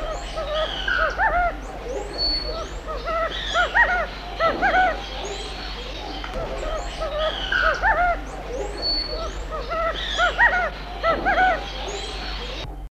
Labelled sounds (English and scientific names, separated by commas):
Gambel's Quail (Callipepla gambelii) call